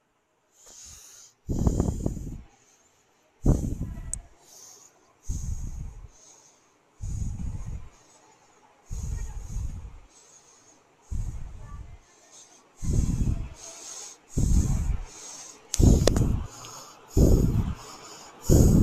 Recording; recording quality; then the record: shallow breathing; excellent, no background noise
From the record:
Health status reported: respiratory illness, not identified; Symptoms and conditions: none ticked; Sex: male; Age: 21 years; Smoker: not ticked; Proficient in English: yes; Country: India